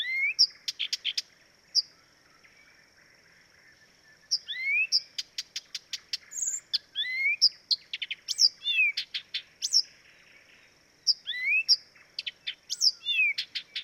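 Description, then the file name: Blyth's reed warbler singing unhurried phrases: sharp ticks, rising and falling whistled slurs and short chattery bursts, separated by brief pauses. "life dviete. acrocephalus dumetorum"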